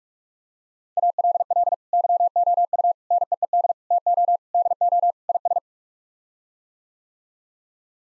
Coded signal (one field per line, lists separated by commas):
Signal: Morse code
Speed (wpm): 46 wpm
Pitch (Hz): 700 Hz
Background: none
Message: ALL YOU NEED TO DO IS